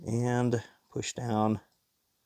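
Someone talks briefly while a small multi-pin electronics connector on a Fanhome R2-D2 model robot kit is lined up over its circuit board socket and pushed down, and the clip then falls silent. No click is heard, and nothing has seated or clicked yet.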